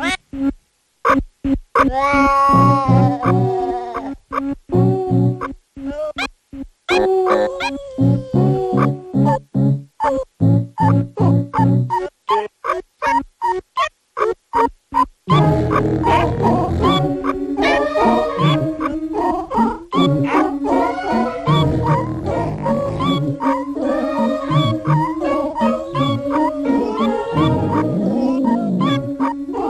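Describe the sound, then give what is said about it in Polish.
A musical piece built entirely from cat meows, pitched into tunes: choppy, rhythmic repeated bursts for the first half, then a denser, continuous melodic passage of layered meowing notes. “Utwór ten został stworzony tylko za pomocą odgłosów kotów.”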